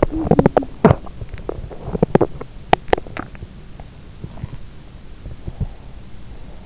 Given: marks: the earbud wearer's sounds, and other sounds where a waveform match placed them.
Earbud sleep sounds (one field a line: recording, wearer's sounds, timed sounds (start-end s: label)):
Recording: sounds in sleep by an in-ear microphone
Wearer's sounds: teeth grinding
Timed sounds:
0.00-3.22 s: teeth grinding